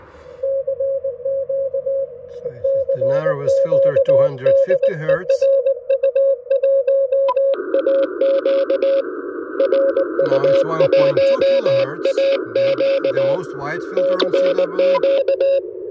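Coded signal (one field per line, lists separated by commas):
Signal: Morse code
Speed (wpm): 19 wpm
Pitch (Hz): 550 Hz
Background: speech, music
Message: CQ CQ DE RU1AQ RU1AQ TNQ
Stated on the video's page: Portable HF operation with an Icom IC-705 at 10 W and a Buddistick antenna.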